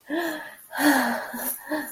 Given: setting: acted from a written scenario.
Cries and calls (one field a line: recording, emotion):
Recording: vocal sound without words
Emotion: ecstasy